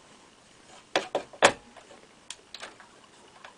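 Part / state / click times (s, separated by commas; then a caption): graphics card into motherboard PCIe slot / seated / 1.0 s. A graphics card is pressed down into the PCIe x16 slot of a small Optiplex 760 desktop PC until the slot's plastic retention latch clicks sharply at 0.9 s, seating the card. A louder snap follows at 1.4 s, with fainter ticks and knocks at 1.1, 2.3, 2.5 and 3.4 s, against a quiet background.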